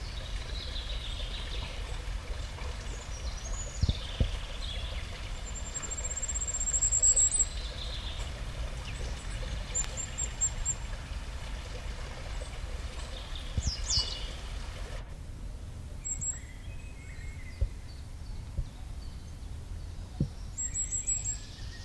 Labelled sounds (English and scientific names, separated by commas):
Common Firecrest (Regulus ignicapilla)